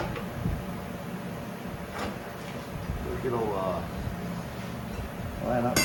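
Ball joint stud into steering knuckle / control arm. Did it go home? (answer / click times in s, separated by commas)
no / none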